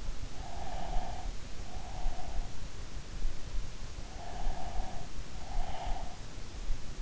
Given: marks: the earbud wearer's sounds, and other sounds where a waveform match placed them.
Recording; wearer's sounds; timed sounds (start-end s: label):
sounds in sleep by an in-ear microphone; breath
0.40-2.60 s: breath
4.34-6.41 s: breath